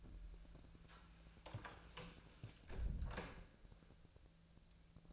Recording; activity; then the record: daily activity, microphone in the room; close door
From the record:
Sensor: 2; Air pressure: 1000.4 hPa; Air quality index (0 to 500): 173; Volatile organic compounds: 3 ppm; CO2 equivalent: 1436 ppm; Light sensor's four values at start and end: 10/23/10/10 and 9/22/9/10